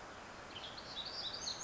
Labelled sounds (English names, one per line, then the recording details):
Black-throated Gray Warbler
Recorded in Sonoma County, California